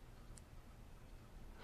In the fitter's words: which I don't know if you guys can hear that, but it actually clicks into place,